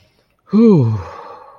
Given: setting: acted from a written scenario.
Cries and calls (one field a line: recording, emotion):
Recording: vocal sound without words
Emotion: contentment